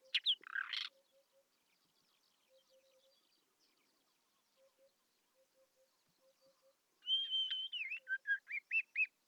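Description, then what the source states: Isabelline Wheatear song opens with a harsh scratchy burst. After a quiet stretch of faint low repeated notes, a level whistle turns into a string of quick rising and falling notes. Recorded at Telmen Nuur, Mongolia.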